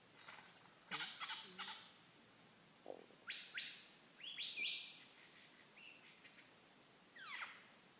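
Lyrebird song: sharp downward sweeps and high whistles in quick bursts separated by short pauses, with a descending sweep near the end.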